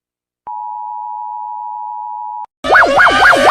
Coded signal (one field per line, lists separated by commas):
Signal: Emergency Alert System (SAME) tones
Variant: 853 and 960 Hz attention tone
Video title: @matt.-engarde Guess the EAS alarm!